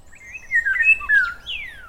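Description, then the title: Eurasian bullfinch calls: soft, piping whistled notes that slide and fall in pitch, with a longer descending whistle at the end. "gimpel pyrrhula pyrrhula"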